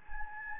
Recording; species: mosquito wingbeat signal from an infrared sensor; Anopheles gambiae